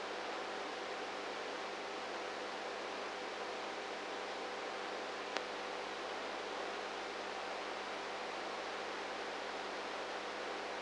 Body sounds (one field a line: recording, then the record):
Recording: brain microelectrode recording played as sound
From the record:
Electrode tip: inside the subthalamic nucleus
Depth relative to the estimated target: -2 mm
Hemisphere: right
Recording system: NeuroSet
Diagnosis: Parkinson's disease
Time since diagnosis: 19 years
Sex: female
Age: 58 years